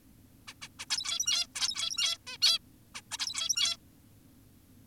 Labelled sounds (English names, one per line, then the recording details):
Zebra Finch
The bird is an adult
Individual g17y2U